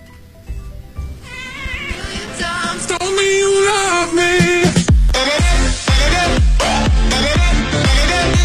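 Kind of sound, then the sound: animal, cat meowing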